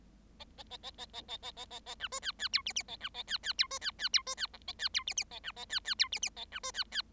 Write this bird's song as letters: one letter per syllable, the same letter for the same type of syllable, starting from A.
A A A A A A A A A A A B C D D E F F A B A D D E C D D E C D G A D E F F A B A D D E F F A B C D D